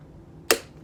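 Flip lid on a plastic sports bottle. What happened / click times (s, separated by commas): The plastic flip lid snapped shut / 0.5 s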